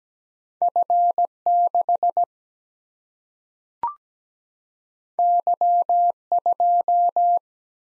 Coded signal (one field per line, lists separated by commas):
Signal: Morse code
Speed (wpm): 17 wpm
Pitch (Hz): 700 Hz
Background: none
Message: F 6 Y 2